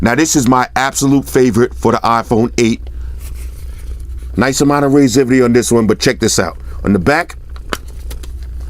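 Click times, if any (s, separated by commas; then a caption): 7.7 s. Someone talks while handling a UAG Trooper rugged case for an iPhone 8. The latched card-holder door on the back of the case is flipped open with a sharp click at 7.7 s, followed by a few fainter ticks. The compartment opens.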